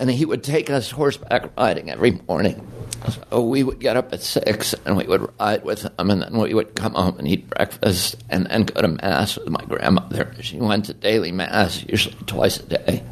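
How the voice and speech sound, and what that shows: Adult male speaker with spasmodic dystonia, which began at age 42 after a previously very strong voice. His low-pitched voice trembles, especially when he first starts talking, with rough, breaky phonation across connected speech. It usually improves as the voice warms up and is often worst in the morning, as it is here.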